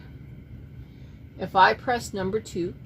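A yarn feeder on a color changer is handled as button number two is about to be pressed to lock yarn one into its slot. Someone talks over a low background hum. Nothing has seated or clicked yet.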